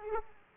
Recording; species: mosquito wingbeat signal from an infrared sensor; Aedes aegypti